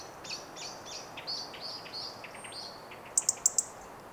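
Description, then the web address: European robin tick call, a quick run of four sharp clicks near the end, after a run of softer high notes. "SETE Erithacus rubecula"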